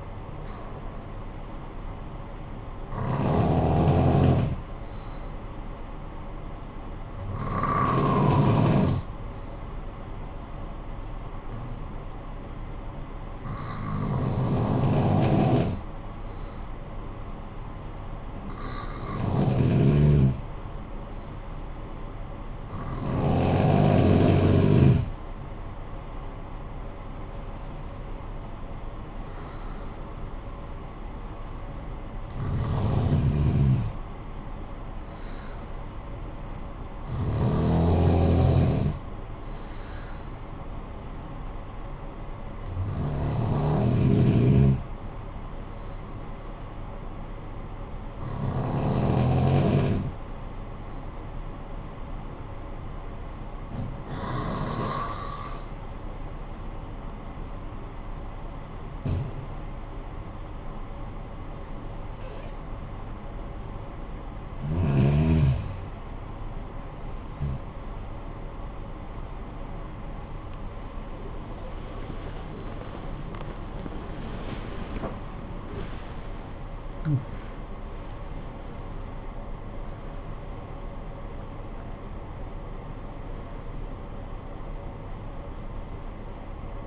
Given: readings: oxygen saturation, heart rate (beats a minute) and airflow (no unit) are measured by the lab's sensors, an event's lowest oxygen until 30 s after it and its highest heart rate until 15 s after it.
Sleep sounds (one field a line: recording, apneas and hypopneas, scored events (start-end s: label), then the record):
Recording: breathing in sleep by a smartphone at the bedside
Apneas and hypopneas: 2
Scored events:
5.00-26.30 s: hypopnea (N2, oxygen 96% highest, then 93% lowest, heart rate 54 at the start, 64 highest)
53.00-69.30 s: hypopnea (N2, oxygen 96% highest, then 87% lowest, heart rate 61 at the start, 91 highest)
78.00-86.87 s: new sleep stage, N1 (lightest sleep)
From the record:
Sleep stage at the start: N2 (light sleep)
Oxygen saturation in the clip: 87 to 96%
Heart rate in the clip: 53 to 94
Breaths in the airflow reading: 16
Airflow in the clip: -14.2 to 19.0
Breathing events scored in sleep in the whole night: 445 in 7.6 hours asleep